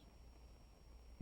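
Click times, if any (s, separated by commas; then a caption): none. A microscope's revolving nosepiece is turned to bring the high power objective toward its detent position, over a steady low hum. A brief soft low-frequency bump appears near 1.2 s. The objective has not yet snapped into place, and nothing has seated or clicked.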